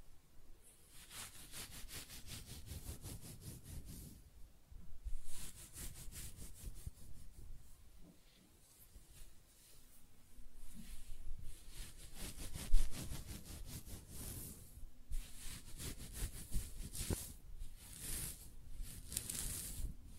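Close-up hair sounds: rapid scratching and brushing strokes come in dense, gritty bursts with a bright hiss on top. Quieter gaps separate the bursts, with one pause around eight seconds, and a sharper scrape lands near thirteen seconds.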